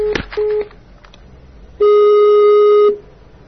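A telephone line tone after a hang-up: a sharp handset click, a short beep, then a longer steady mid-pitched electronic tone that holds for about a second before cutting off.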